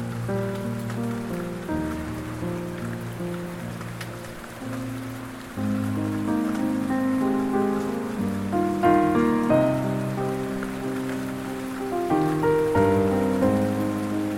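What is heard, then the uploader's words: Soft piano plays slow, sustained chords with a gentle melody, mostly in the low and middle range, the notes changing every second or so and swelling slightly after about five seconds. A steady, light patter of rain hisses quietly underneath throughout. Soft relaxing piano music with rain sounds.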